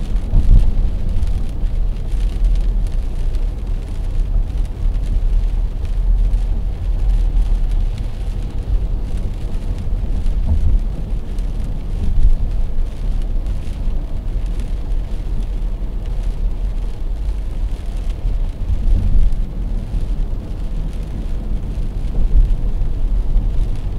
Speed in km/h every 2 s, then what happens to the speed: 74, 73, 74, 73, 73, 74, 70, 71, 70, 70, 67, 67.
0-24 steady at about 71.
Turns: none.